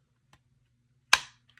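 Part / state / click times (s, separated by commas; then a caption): fixed blade knife into kydex sheath / seated / 1.1 s. A Kizer Deckhand fixed blade knife is pushed into its molded kydex sheath, with a faint tick at 0.3 s before it. A sharp, bright snap at 1.1 s marks it seating into the retention detent, followed by a short decaying ring and two small ticks near 1.5 and 1.6 s. The knife is seated with a satisfying click.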